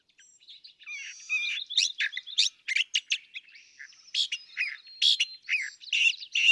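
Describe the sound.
California thrasher song, a continuous medley of varied whistled, scratchy and sharp notes.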